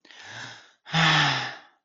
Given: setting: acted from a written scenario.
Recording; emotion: vocal sound without words; serenity